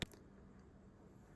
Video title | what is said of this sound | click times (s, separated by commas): How to Replace Brake Handle on Stihl Chainsaw - Simple Easy Tutorial! | press it down to hear it click | 0.0 s